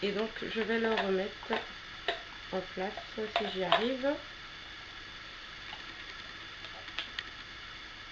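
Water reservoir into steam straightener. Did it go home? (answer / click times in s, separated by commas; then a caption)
yes / 7.0 s, 7.2 s. Someone talks while sliding the refilled plastic water reservoir of a steam hair straightener back into its slot on the device. After the talking stops, two small clicks are heard at 7.0 s and 7.2 s as the reservoir seats properly in place.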